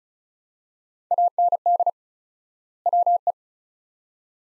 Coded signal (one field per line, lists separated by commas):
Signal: Morse code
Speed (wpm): 36 wpm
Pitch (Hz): 700 Hz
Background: none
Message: AND WE